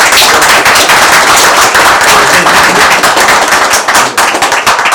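An audience bursts into loud, dense applause, many hands clapping in a rapid crackling wash that holds steady for the whole stretch and eases slightly near the end. No one speaks.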